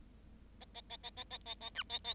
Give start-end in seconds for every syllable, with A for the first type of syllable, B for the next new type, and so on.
0.60-0.65 A, 0.74-0.81 A, 0.89-0.97 A, 1.03-1.10 A, 1.16-1.24 A, 1.30-1.38 A, 1.45-1.54 A, 1.60-1.70 A, 1.75-1.83 B, 1.89-1.99 A, 2.04-2.14 A